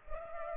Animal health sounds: mosquito wingbeat signal from an infrared sensor; Culex pipiens

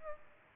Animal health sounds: mosquito wingbeat signal from an infrared sensor; Aedes aegypti

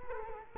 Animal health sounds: mosquito wingbeat signal from an infrared sensor; Culex quinquefasciatus

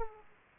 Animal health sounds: mosquito wingbeat signal from an infrared sensor; Aedes aegypti

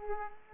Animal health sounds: mosquito wingbeat signal from an infrared sensor; Aedes aegypti

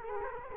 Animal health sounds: mosquito wingbeat signal from an infrared sensor; Culex quinquefasciatus

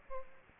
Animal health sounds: mosquito wingbeat signal from an infrared sensor; Aedes aegypti

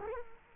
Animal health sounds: mosquito wingbeat signal from an infrared sensor; Culex quinquefasciatus

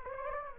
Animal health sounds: mosquito wingbeat signal from an infrared sensor; Anopheles gambiae

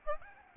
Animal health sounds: mosquito wingbeat signal from an infrared sensor; Aedes albopictus

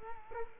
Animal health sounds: mosquito wingbeat signal from an infrared sensor; Culex quinquefasciatus

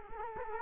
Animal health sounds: mosquito wingbeat signal from an infrared sensor; Culex quinquefasciatus

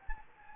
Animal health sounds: mosquito wingbeat signal from an infrared sensor; Anopheles gambiae

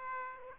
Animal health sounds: mosquito wingbeat signal from an infrared sensor; Aedes aegypti

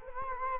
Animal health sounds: mosquito wingbeat signal from an infrared sensor; Culex quinquefasciatus

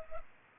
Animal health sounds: mosquito wingbeat signal from an infrared sensor; Culex pipiens

